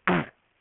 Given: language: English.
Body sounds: throat vibration sensor signal played as sound; throat clearing

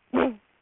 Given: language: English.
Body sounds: throat vibration sensor signal played as sound; throat clearing

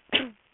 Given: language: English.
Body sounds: throat vibration sensor signal played as sound; cough

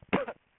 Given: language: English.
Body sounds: throat vibration sensor signal played as sound; cough

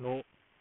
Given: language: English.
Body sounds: throat vibration sensor signal played as sound; speech

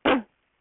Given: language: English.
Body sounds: throat vibration sensor signal played as sound; cough

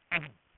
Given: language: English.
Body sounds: throat vibration sensor signal played as sound; throat clearing

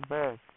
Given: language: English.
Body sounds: throat vibration sensor signal played as sound; speech

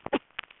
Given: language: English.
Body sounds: throat vibration sensor signal played as sound; cough

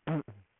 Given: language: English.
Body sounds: throat vibration sensor signal played as sound; throat clearing

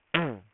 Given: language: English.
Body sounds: throat vibration sensor signal played as sound; throat clearing

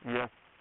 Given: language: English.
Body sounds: throat vibration sensor signal played as sound; speech

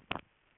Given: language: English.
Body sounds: throat vibration sensor signal played as sound; swallow

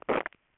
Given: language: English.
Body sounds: throat vibration sensor signal played as sound; swallow

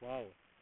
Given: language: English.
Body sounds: throat vibration sensor signal played as sound; speech

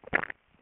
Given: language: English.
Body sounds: throat vibration sensor signal played as sound; swallow

